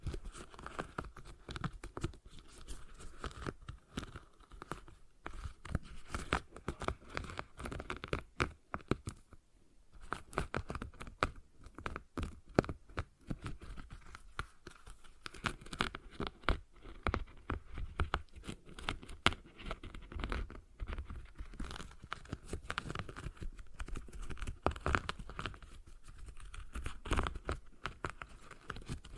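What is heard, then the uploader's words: A stress ball being squeezed and worked, with a dense run of short squishing, crinkling and rubbing sounds that never settles into a steady rhythm. The squeezes come in quick irregular bursts with brief pauses, like near 9 and 15 seconds. ASMR Relaxing Stress Ball Sounds (No Talking).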